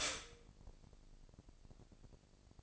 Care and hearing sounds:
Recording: daily activity, microphone in the room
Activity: stop toaster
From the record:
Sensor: 5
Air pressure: 1007.1 hPa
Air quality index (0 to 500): 125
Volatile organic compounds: 1 ppm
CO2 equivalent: 951 ppm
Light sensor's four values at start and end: 27/62/25/26 and 27/62/25/26

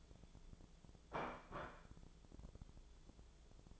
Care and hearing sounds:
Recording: daily activity, microphone in the room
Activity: place plate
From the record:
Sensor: 5

